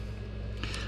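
After one side has been pried with a flat tip, fingers pull apart the plastic shell halves of a 2017 Toyota RAV4 3-button remote head key. The case pops open with a single moderate snap at 0.6 s over a steady low background hum, releasing the two halves.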